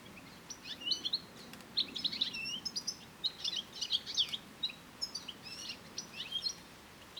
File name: Carduelis carduelis